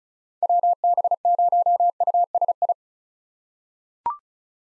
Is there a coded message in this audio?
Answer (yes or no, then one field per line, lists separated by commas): yes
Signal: Morse code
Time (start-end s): 0.4-2.7 s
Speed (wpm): 36 wpm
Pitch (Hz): 700 Hz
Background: none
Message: WB0USI